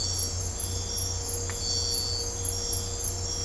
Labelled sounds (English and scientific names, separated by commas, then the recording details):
none
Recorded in dense forest near Puerto Asís, Putumayo, Colombia, on 22 December 2024 at 02:00
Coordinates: 0.503, -76.323
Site G043